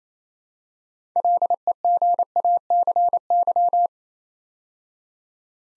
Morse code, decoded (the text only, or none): LEGACY